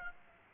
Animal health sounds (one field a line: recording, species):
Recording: mosquito wingbeat signal from an infrared sensor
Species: Aedes aegypti